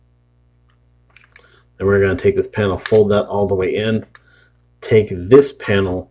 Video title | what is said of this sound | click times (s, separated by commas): Transform Element Op Leader Review | hooks are gonna come in and click into place right there | 1.3 s